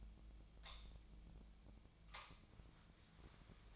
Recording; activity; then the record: daily activity, microphone in the room; light on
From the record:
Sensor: 1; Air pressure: 1009.8 hPa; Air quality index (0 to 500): 189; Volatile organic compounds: 17 ppm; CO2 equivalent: 2591 ppm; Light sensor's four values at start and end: 35/91/38/46 and 47/134/55/63